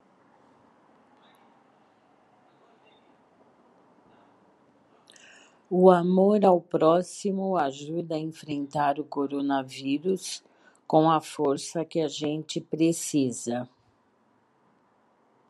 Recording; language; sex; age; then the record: spoken sentence; Brazilian Portuguese; female; 60 to 69 years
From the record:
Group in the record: control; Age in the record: 64 years